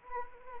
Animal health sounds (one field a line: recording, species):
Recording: mosquito wingbeat signal from an infrared sensor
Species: Anopheles arabiensis